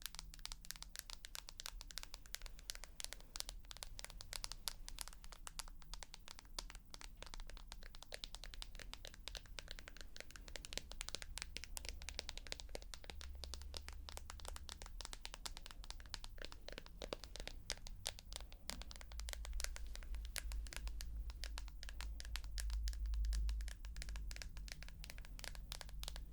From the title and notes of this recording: Tapping. (No Talking).